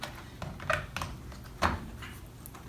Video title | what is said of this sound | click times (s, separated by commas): EPS Room Sign - Glass Mounting Tutorial | then the next step will be to attach our custom faceplate here clicks into place as such | 1.0 s, 1.7 s